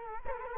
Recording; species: mosquito wingbeat signal from an infrared sensor; Culex quinquefasciatus